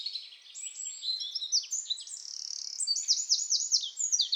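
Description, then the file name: Eurasian wren delivers a continuous, high-pitched torrent of rapid chattering notes and ringing trills without pause. "Troglodytes troglodytes"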